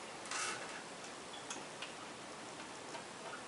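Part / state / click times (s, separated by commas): plastic screen bezel clips into the laptop display lid / not seated / none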